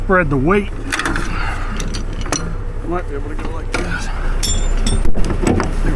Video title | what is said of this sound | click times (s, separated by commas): They REQUESTED the Rotator for THIS?? | That didn't lock in there very well at all either. | none